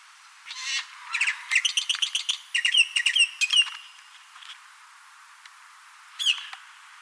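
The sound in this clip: Bird calls: a short burst, then a quick run of bright chirping and squawking notes, a pause, and one last sharp chirp.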